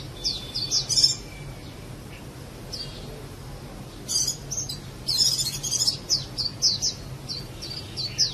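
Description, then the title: Java sparrow chirps: short high upslurred notes given singly and in small clusters, mixed with a few scratchy clicking bursts over a faint low hum. "kicau gelatik"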